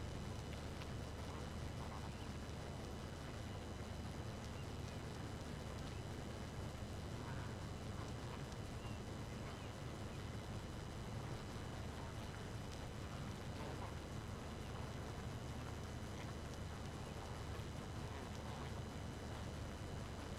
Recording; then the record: honeybee colony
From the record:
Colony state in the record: active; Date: 12 June 2018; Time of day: 2:44